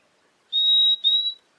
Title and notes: Euphonia chlorotica. Áudio do pio do fim-fim